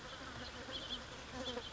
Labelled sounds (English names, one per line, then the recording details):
House Finch
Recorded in Sonoma County, California